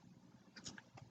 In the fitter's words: hear them click